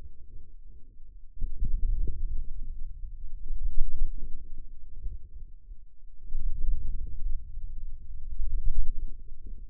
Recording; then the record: forearm muscle sounds (acoustic myography)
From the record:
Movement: ulnar deviation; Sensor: system 2, bracelet of six BSWA MPA416 microphones around the upper forearm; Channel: 5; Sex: male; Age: 22 years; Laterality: right